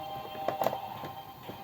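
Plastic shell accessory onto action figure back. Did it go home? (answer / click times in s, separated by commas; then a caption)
no / none. A plastic turtle-shell shield accessory, which fits only one way, is handled and pressed toward the back of an action figure. A few short, light plastic taps come at about 0.5, 0.6 and 0.7 seconds over a faint steady background. Nothing has seated or clicked into place yet.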